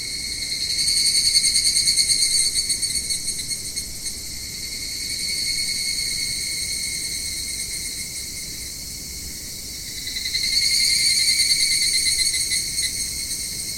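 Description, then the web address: Evening cicada giving a high ringing drone that swells, sags, then swells again near the end. "sikioto insect higurashi"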